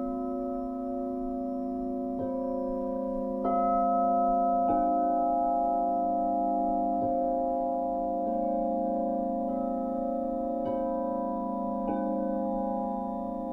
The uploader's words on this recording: Crystal bowl. Sound Bath.